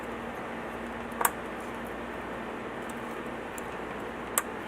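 A RAM memory module is pressed down into a motherboard memory (DIMM) slot until the retention clips snap shut, over a steady low hum. A brief sharp tick at about 1.3 s comes first, and the module clicks into place at 4.4 s with a short, crisp snap, leaving it seated.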